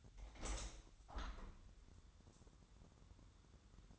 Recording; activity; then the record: daily activity, microphone in the room; open window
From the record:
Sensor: 3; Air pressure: 1000.5 hPa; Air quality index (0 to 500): 173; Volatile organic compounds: 3 ppm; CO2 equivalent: 1498 ppm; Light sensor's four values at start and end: 13/34/13/15 and 14/36/14/16